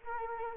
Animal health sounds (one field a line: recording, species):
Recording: mosquito wingbeat signal from an infrared sensor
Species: Anopheles arabiensis